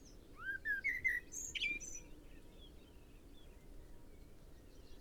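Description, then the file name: Common blackbird song: a rising series of rich whistled notes followed by sharp high squeaky twitters, then quiet with soft background noise. "Turdus merula"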